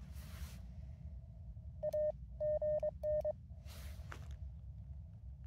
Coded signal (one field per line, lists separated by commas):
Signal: Morse code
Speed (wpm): 23 wpm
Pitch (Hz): 610 Hz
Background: none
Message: A GN